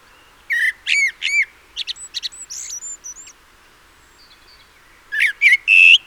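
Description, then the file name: Common blackbird calls: clusters of sharp squeaky notes and thin high whistles, a quiet gap, then three loud squeaky notes at the end. "Turdus merula"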